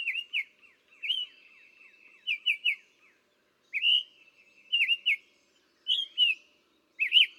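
Summer tanager singing choppy, robin-like whistled phrases, notes slurring up and down.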